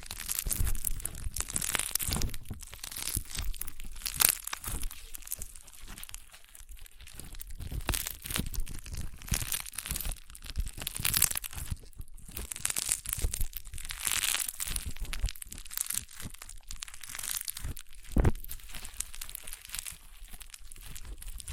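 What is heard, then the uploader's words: Crunchy slime being squeezed and worked, producing dense, irregular crackling and crinkling pops that run without pause. Bursts of louder crunches come every second or so, with a sharp, bright snap near 18 seconds. The texture stays crisp and busy throughout. ASMR Satisfying Crunchy Slime (No Talking).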